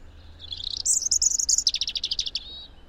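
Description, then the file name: European robin song: a high, thin warbled phrase ending in a fast, glittering trill of rapid notes, then fading out, over a quiet low hum. "Erithacus rubecula"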